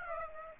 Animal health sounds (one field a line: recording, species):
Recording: mosquito wingbeat signal from an infrared sensor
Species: Aedes aegypti